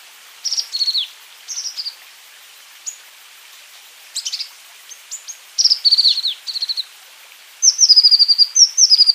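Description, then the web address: Azure tit calls: high descending chirps in small groups, ending with a fast high trill of repeated notes. "wroblowe ptaki cyanistes cyanus"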